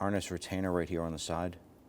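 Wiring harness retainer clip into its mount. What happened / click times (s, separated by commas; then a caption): No seating click yet; the retainer has not gone home / none. A plastic wiring harness retainer clip is handled at its mount on the side of the throttle body of a 2008-2013 Infiniti G37 3.7L V6 during a throttle body replacement. Someone talks throughout. Nothing has seated or clicked yet.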